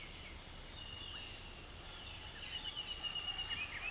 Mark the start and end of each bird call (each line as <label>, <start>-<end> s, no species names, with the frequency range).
bird call (0.8-3.8 kHz), 2.25-3.91 s